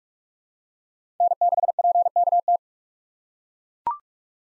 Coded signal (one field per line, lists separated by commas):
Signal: Morse code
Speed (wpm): 42 wpm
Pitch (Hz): 700 Hz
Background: none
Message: N6PKT